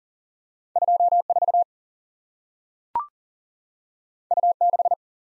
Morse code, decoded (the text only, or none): 24 U6